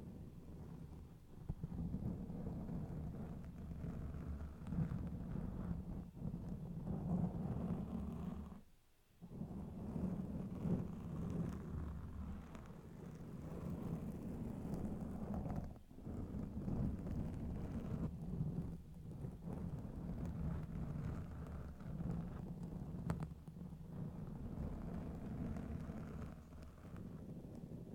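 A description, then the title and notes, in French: Intense scratching right on a microphone makes a dense, rumbling, rough noise that runs almost nonstop, with brief gaps near 9 and 16 seconds. Gratouilles intenses (scratching micro). Grattage de tête.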